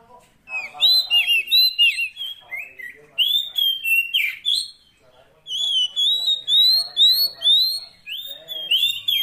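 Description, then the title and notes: Oriental magpie-robin song of rich whistles and slurred notes in quick phrases, with a short gap, then a series of repeated rising whistles. Long-duration fill-in (isian) song meant to make a magpie-robin sing actively day and night. "Kacer Jadi Gacor Siang Malam. Isian Kacer Durasi Panjang"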